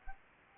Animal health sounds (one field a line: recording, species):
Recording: mosquito wingbeat signal from an infrared sensor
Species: Anopheles gambiae